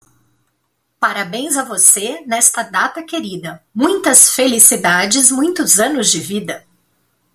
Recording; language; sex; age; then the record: short text; Brazilian Portuguese; female; 40 to 49 years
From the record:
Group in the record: control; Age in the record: 41 years